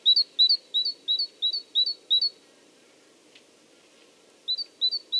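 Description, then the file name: Great tit song: high two-note phrases repeated about three times a second in a run of seven, a pause, then three more. "Parus major"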